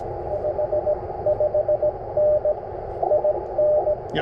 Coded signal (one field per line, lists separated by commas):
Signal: Morse code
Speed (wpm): 20 wpm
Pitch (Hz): 600 Hz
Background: radio noise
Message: 55N IN